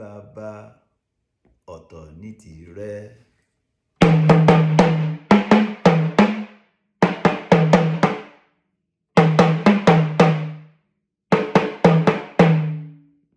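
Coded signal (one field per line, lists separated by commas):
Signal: talking drum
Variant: Yoruba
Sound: short spoken or sung phrase, then five groups of resonant drum strokes with bending pitch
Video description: Playing "Dede igi ni nso owo ọtọ ni t'obi ọtọ ni tirẹ" with the Yoruba Orunsha Sakara talking drum by Jammal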